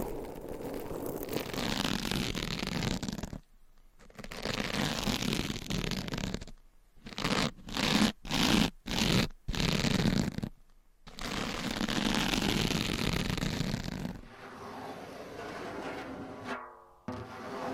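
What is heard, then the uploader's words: Dense scratching fills most of the clip, broken by abrupt silences, with a run of short rhythmic bursts around the eight to ten second mark. After fourteen seconds the texture changes to a softer, wavering rubbing sound, like a mic being massaged. Scratching , Tapping & Massage with DIFFERENT Mics , Items & Nails No Talking.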